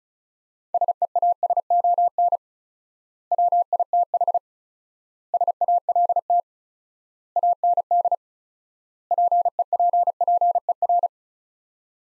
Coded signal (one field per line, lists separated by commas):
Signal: Morse code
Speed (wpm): 34 wpm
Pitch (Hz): 700 Hz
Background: none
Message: SEASON WITH SALT AND PEPPER